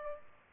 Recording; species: mosquito wingbeat signal from an infrared sensor; Aedes albopictus